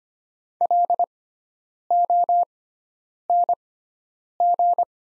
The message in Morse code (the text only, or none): LONG